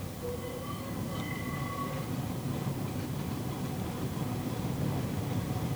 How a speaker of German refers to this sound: Die Straßenbahn mit den großen, schiefen Gesichtern an den Scheiben stößt und stolpert noch immer durch den November. So singt sie ihre quietschende Melodie in die Stadt hinein.